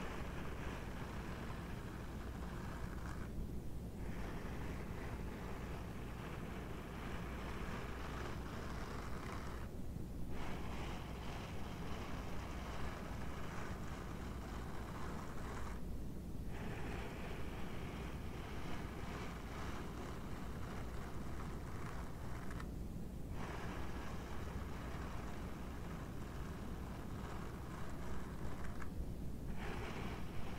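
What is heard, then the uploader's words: Rubber dishwashing gloves rub and scratch in a continuous, dense rustle over a steady low rumbling hum. Roughly every six or seven seconds the brighter scratchy layer drops away for a brief moment, then picks up again at the same level. ASMR GLOVES SOUNDS - DISHWASHING GLOVES, EAR MASSAGE, GLOVES SCRATCHING - NO TALKING.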